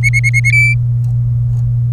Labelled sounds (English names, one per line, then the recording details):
Domestic Canary song
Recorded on 27 April 2018 at 14:05
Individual llb3